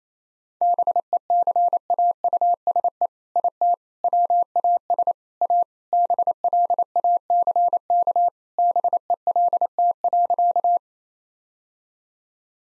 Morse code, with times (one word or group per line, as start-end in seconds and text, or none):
0.6-3.1 BECAUSE
3.4-3.7 IT
4.0-5.1 WAS
5.4-5.6 A
5.9-8.3 BLACK
8.6-10.8 BELT.